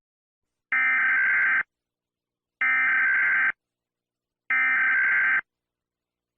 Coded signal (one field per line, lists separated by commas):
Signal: Emergency Alert System (SAME) tones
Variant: header bursts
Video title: EAS Scenario - The Deadly Big One (Part 3)